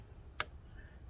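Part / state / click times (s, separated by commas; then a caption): small screw into phone bracket and frame thread / seated / 0.4 s. The third small bracket screw on an iPhone 7 Plus, during a battery replacement, is started into the phone's bracket and frame thread. A single short, sharp click at 0.4 s stands out against a quiet low hum. The screw has seated in its thread and is judged good.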